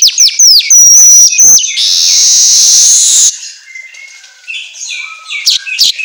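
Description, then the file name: Asian golden weaver song: quick sharp chips and a thin whistle, then a long steady hiss, then soft scratchy twittering notes. Meant for training songbirds to sing vigorously ('auto gacor'). "Suara Kicau Manyar Kepala Emas Auto Gacor"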